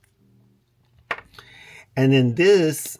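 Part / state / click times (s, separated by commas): lipstick refill unit in its metal case / released / 1.1 s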